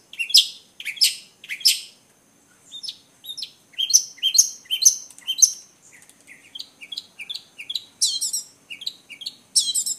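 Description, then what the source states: Long-tailed shrike song, a varied medley of sharp high chirps and twittering notes in uneven bursts. Combination song.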